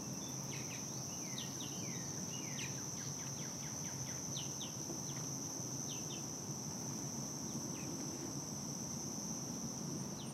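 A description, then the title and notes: Dusk at Dyke Marsh, with a steady high insect whine running unbroken through the whole stretch. Short chirping bird calls come and go every second or so, busiest in the first half, over a constant low rumble underneath. Dusk Soundwalk at Dyke Marsh. 30+ seconds at 7 stops (and at end) at Dyke Marsh Wildlife Preserve (a unit of the NPS George Washington Memorial Parkway) along the dusk Soundwalk event celebrating World Listening Day. With iPhone 6, using a RODE app, edited and mixed in Adobe Audition.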